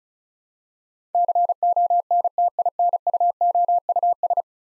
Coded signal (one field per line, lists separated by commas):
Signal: Morse code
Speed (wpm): 36 wpm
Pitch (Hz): 700 Hz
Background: none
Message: CONTINUOUS